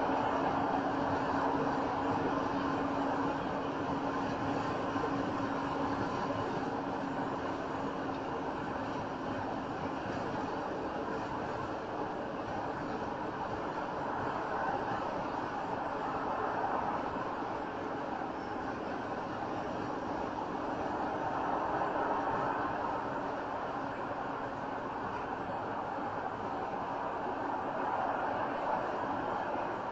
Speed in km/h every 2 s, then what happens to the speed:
95, 97, 95, 95, 95, 93, 89, 89, 87, 85, 85, 85, 77, 76, 74.
0-30 slows to 74.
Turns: none.